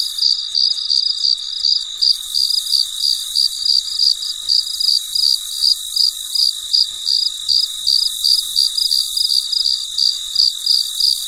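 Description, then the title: Cricket producing short shrill chirps at a steady pace of about three per second, with a constant high background trill. Recorded late at night; very quiet. "深夜录制蟋蟀昆虫声"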